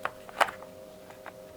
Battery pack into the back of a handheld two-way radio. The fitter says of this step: and slides into place until it clicks